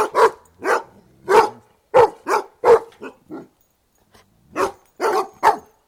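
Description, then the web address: Doberman barking, about a dozen harsh barks: a run of several, a brief pause, then another short run. Outdoors; a Doberman barking. "Sound Effects-BBC. Doberman, exterior, barking then joined by border collies"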